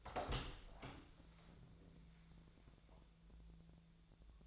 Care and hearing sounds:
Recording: daily activity, microphone in the room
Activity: open door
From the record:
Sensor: 3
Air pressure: 1000.5 hPa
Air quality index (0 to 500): 179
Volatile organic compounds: 4 ppm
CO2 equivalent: 1558 ppm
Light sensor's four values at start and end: 12/29/12/13 and 12/30/12/13

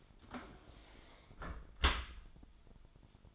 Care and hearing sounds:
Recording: daily activity, microphone in the room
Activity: close dishwasher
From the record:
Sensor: 5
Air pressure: 1003.2 hPa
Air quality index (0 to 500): 136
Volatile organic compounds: 2 ppm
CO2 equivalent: 992 ppm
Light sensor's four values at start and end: 71/172/72/81 and 71/172/71/81

